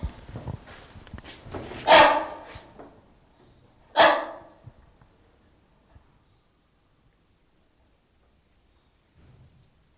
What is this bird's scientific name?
Buceros rhinoceros